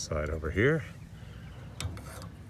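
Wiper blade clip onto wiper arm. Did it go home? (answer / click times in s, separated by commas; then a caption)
yes / 1.8 s, 2.0 s. Someone talks briefly as a new plastic wiper blade adapter clip is pushed onto the metal wiper arm hook of a Sprinter van. A sharp double click sounds at 1.8 s and 2.0 s as the clip snaps and locks onto the arm, seated.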